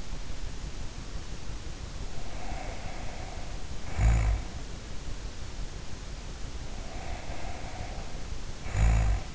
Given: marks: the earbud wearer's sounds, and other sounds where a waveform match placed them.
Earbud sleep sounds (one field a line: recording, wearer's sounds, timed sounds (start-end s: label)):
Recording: sounds in sleep by an in-ear microphone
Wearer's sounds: snoring breath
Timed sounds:
2.02-4.62 s: snoring breath
6.56-9.35 s: snoring breath